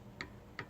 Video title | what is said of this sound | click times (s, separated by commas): Aero Precision AR15 take down pin installation. | you heard it click it's not coming out | 0.2 s, 0.6 s